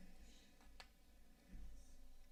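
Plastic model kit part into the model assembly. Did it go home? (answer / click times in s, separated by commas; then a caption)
no / none. A plastic model kit part is handled near the model assembly, with low background noise and a brief sharp tick at about 0.8 s. Nothing has seated or clicked into place yet; the clip ends just before the part is pressed home.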